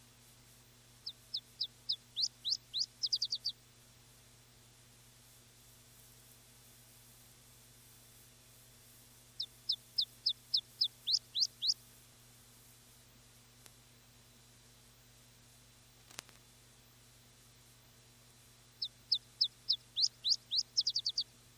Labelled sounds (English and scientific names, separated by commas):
Iberian Chiffchaff (Phylloscopus ibericus) song